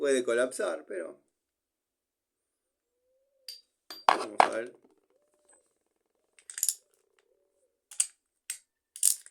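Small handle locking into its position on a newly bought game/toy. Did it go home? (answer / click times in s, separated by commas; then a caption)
yes / 8.0 s, 8.5 s. Someone talks about whether the small folding handle on a newly bought game or toy might collapse, then moves the handle into position with a few light rattles and taps. Sharp clicks at 8.0 s and 8.5 s mark the handle locking into place, and it stays locked.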